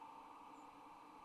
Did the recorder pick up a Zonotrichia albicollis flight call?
yes